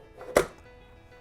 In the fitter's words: And so now this isn't going to go anywhere. It's locked into place.